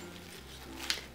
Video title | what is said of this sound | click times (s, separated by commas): Disney's Minnie Mouse Winter Bow-Tique Playset Fisher Price Toys Minnie Doll Disney Junior | just clicks into place here she | 0.9 s